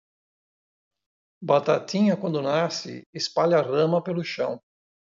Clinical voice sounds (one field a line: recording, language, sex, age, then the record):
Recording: short text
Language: Brazilian Portuguese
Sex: male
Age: 60 to 69 years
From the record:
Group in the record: control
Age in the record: 61 years